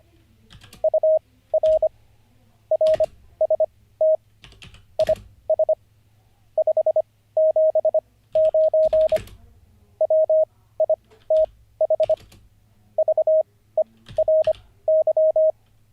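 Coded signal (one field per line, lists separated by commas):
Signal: Morse code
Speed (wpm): 25 wpm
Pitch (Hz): 630 Hz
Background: none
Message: UR RST IS 579 WITH VERY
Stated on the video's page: Morse code practice during a livestream, day 48 of learning.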